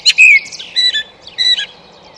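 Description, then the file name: Eurasian blackbird singing: a short whistled note followed by a few thin high squeaky notes. "Turdus merula"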